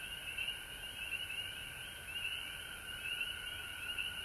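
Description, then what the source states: Frogs in chorus, high trills pulsing in repeated surges about once a second over a constant background drone. Recorded at home in Georgia on March 19, 2020.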